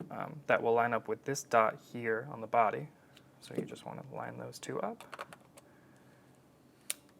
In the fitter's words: and there you go when you hear the click the lens is locked and ready to use